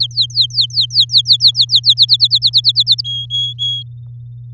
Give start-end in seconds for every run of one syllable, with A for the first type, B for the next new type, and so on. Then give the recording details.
0.00-1.94 A, 1.97-3.01 B, 3.04-3.83 C. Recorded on 7 May 2018 at 06:38. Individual llb16